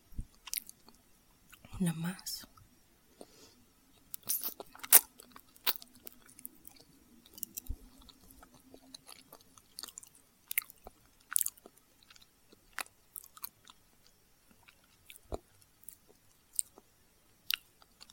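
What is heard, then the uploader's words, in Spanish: Someone eats a banana, with soft, wet chewing and mouth clicks. Sharp smacks and bites come every second or so, irregular in timing, with a brief murmur near the two-second mark and a low hum underneath. ASMR comiendo una banana.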